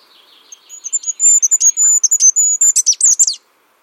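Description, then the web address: Bird chirping: a fast series of sharp, high-pitched notes with some thin whistles, getting louder and harsher toward the end before stopping. "birddata Deverinetal 2025"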